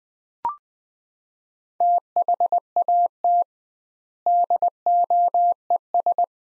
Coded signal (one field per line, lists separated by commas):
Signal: Morse code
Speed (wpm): 21 wpm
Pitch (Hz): 700 Hz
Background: none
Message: THAT DOES